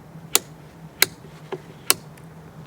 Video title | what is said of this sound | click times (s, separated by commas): EMUK Caravan Towing Mirrors from Zolio | Now if you try to undo it now, you'll hear a click, | 0.4 s, 1.0 s, 1.9 s